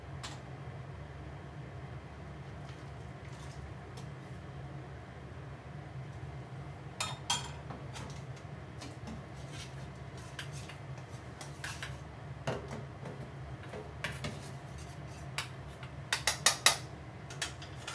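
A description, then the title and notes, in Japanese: Cooking sounds: a steady low hum runs under the whole clip while sharp clinks and taps of dishes, pots and utensils come and go. The clatter is sparse early on and grows busier after about seven seconds, with quick clusters of knocks near sixteen seconds. 料理の音。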